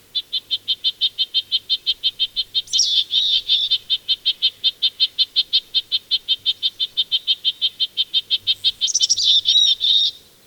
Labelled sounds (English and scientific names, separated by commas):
Red-breasted Nuthatch (Sitta canadensis) call